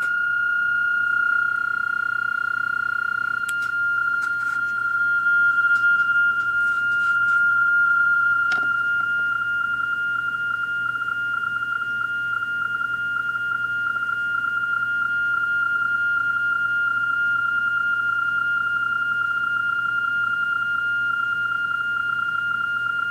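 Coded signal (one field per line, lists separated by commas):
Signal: PSK31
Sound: continuous warbling narrow tone around 1.4 kHz with faint overtone and occasional clicks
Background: handling clicks, low hum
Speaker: i'm going to give this ham a call back and this is on my return and give me information about his signal report my location etc using the pre-programmed macros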